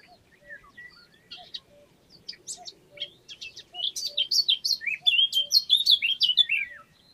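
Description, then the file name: Eurasian blackcap singing, starting with soft scattered chattering notes that build into a loud, rich fluty warble over the last three seconds, with a soft low note repeating beneath. "Sylvia atricapilla"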